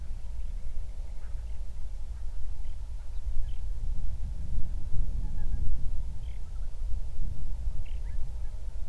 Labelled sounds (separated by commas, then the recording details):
songbird, waterfowl, wind
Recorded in the Prudhoe Bay oil fields, Alaska, on 31 July 2019 at 08:16
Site 24